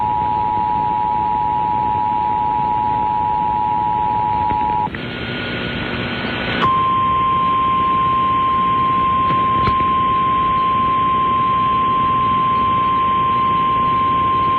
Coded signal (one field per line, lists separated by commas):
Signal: Emergency Alert System (SAME) tones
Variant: 853 and 960 Hz attention tone